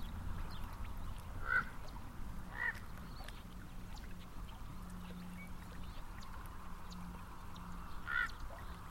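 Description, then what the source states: Common raven calls, two quick harsh croaks early and a third several seconds later, with a low engine hum and road noise underneath. Elizabeth Lake, with cars.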